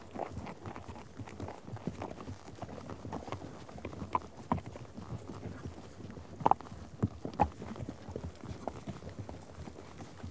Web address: BBC Sound Effects Library Horses Herd of horses out on trek